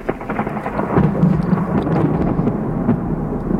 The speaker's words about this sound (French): Mais le soir même, les espoirs de nos alpinistes s'estompent lorsqu'autour d'eux, l'orage reprend, encore plus violent.